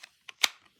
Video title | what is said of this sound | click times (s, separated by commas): Most Controversial Knife Video Ever CHINA vs AMERICAN Made! | so it locks in there | 0.4 s